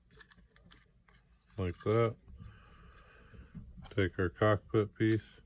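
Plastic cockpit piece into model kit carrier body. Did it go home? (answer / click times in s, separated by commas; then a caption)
no / none. A plastic cockpit piece from a model kit hangar base is handled before being pressed into its slot in the carrier body, with a few faint light ticks early on while someone talks. Nothing has seated or clicked yet; the clip ends before the part goes home.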